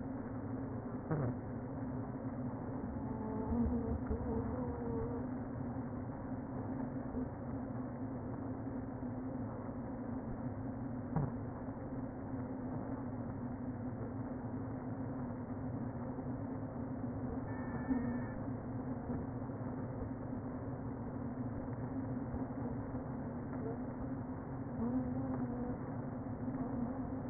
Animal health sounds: honeybee colony, microphone inside the hive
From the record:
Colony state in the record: queen present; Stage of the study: before two queens were removed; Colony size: about 60,000 bees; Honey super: yes

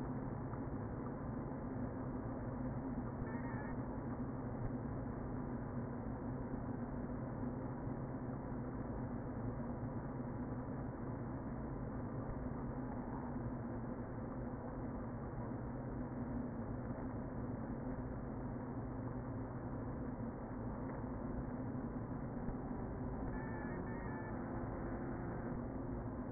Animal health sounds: honeybee colony, microphone inside the hive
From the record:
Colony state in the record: queen present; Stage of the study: before two queens were removed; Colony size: about 60,000 bees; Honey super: yes

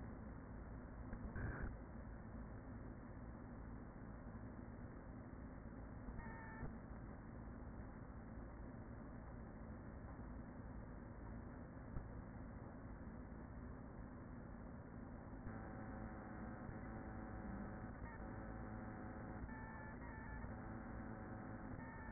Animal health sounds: honeybee colony, microphone inside the hive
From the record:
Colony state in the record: queen present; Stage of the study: after two queens were removed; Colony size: about 40,000 bees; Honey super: no

